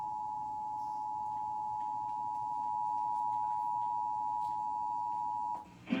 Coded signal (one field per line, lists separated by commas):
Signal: Emergency Alert System (SAME) tones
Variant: 853 and 960 Hz attention tone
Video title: EAS Flash Flood Warning for Wake County on TV!